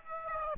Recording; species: mosquito wingbeat signal from an infrared sensor; Aedes aegypti